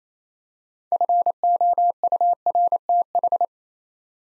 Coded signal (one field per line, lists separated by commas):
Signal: Morse code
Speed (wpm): 29 wpm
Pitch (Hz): 700 Hz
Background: none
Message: FOURTH